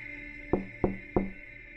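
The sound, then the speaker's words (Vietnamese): Three evenly spaced knocks on a door, sharp and solid, sounding alone over a low steady background hum with no voices. “Có tiếng gõ cửa.”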